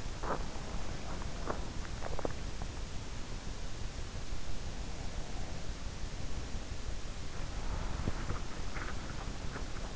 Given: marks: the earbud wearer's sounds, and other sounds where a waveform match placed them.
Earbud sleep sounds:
sounds in sleep by an in-ear microphone; body movement
0.00-2.65 s: body movement

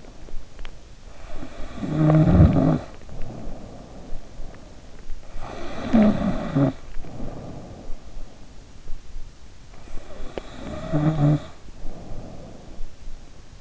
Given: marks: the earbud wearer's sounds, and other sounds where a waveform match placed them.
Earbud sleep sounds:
sounds in sleep by an in-ear microphone; teeth grinding, snoring breath
0.00-0.79 s: teeth grinding
1.29-5.12 s: snoring breath
1.98-7.27 s: teeth grinding
5.27-8.81 s: snoring breath
9.81-13.61 s: snoring breath
10.33-11.15 s: teeth grinding

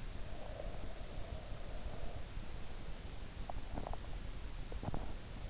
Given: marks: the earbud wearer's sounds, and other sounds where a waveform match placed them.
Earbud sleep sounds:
sounds in sleep by an in-ear microphone; breath, teeth grinding
0.43-2.69 s: breath
3.43-5.15 s: teeth grinding

